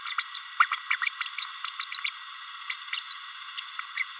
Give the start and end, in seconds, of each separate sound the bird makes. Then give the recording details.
0.06-0.14, 0.18-0.24, 0.34-0.38, 0.60-0.66, 0.71-0.76, 0.90-0.96, 1.02-1.10, 1.21-1.28, 1.64-1.70, 1.79-1.86, 1.92-1.99, 2.04-2.10, 2.70-2.76, 2.92-3.01, 3.10-3.16, 3.57-3.60, 3.96-4.03. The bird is a male. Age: 31 days. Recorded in a nest box in Venezuela. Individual 17B32A6